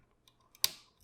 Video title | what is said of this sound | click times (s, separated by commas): Nemesis Transforms Transformers Masterpiece MP-48 Lio Convoy | they click and then open that all up like that see | 0.6 s